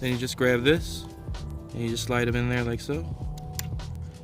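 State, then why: Seated. A plastic prop guard is slid into its slot on the arm of a Snaptain A15H toy-grade WiFi camera drone while someone talks over background music. It snaps into place with a sharp click at 3.6 seconds, and that snap shows it is seated.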